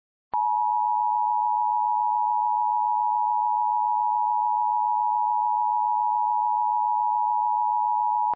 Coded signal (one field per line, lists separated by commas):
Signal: Emergency Alert System (SAME) tones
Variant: 853 and 960 Hz attention tone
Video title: EAS Scenario #11: Icy Trouble